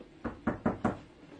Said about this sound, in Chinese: 咁夜有人敲门嘅吓？